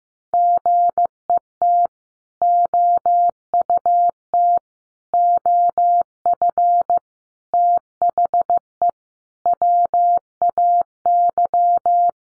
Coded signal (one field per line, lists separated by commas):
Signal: Morse code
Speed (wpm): 15 wpm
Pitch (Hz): 700 Hz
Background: none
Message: GET OUT OF THE WAY